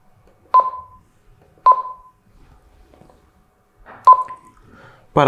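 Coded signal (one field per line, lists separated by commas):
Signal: none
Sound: radio key press beeps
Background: speech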